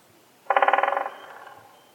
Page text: Птицы России - Большой пёстрый дятел